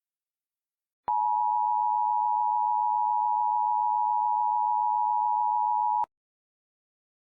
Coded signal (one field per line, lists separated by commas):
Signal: Emergency Alert System (SAME) tones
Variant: 853 and 960 Hz attention tone